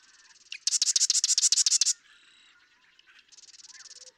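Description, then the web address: Marsh Wren song: a loud, rapid rattle of harsh repeated notes for over a second, then after a pause a softer trill. "birdsongforthecurious Marsh Wren"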